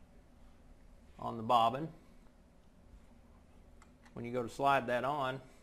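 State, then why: Not seated. A metal bobbin with a notch is being handled to go onto the bobbin winder spindle of a quilting machine, where it is meant to be turned until the notch catches the wire spring. A man talks in two short bursts over quiet background noise. Nothing has seated or clicked yet.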